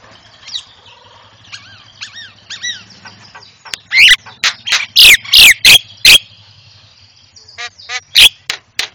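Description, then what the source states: Javan myna song: soft curving whistles and chatter building to loud harsh squawks and bright whistled notes, with a low steady hum behind. Training call for cage birds, white-eyed form.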